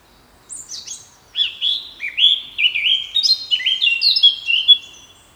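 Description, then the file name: Eurasian blackcap song: a thin high opening note, then a fluty warbling phrase of slurred whistles sliding up and down, lasting about four seconds in a quiet setting. "Sylvia atricapilla"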